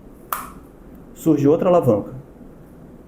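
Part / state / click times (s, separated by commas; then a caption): inhaler thumb grip cover sliding open on the inhaler body / seated / 0.3 s. The thumb grip of a disc-type dry powder inhaler is pushed all the way to the end, sliding the cover open on the inhaler body with a sharp click at 0.3 s. Someone then talks. The cover is fully open and another lever appears.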